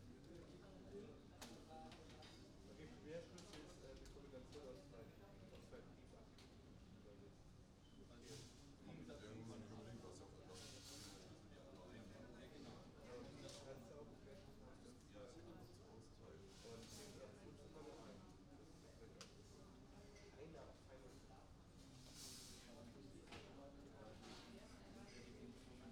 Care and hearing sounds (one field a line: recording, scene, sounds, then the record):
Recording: everyday scene through a hearing-aid microphone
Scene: many people talking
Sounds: many voices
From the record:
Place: university cafeteria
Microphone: in the ear canal, right